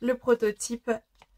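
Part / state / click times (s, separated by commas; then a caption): paper decoration tab into greeting card / not seated / none. Someone talks while handling a paper tab on a card decoration, which is being slipped behind and hooked onto a greeting card. A faint, brief tick is heard at about 1.2 s after the talking stops. The tab has not seated or clicked yet.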